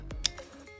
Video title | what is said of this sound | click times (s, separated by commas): Yamaha Jetboat - Hydrophase Ridesteady Install | and that'll click right in | 0.3 s